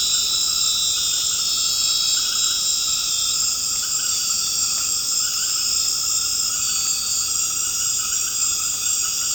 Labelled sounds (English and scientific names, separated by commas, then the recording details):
none
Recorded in secondary vegetation near Puerto Asís, Putumayo, Colombia, on 24 March 2025 at 20:00
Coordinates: 0.485, -76.322
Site G040